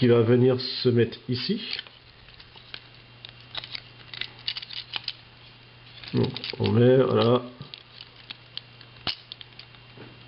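Someone talks while handling a Transformers Revenge of the Fallen Mixmaster toy, pushing a small plastic piece inside the plastic truck cab toward its slot during the truck-to-robot transformation. Between the speech come scattered light, sharp plastic ticks and taps. The piece has not clipped or seated yet by the end.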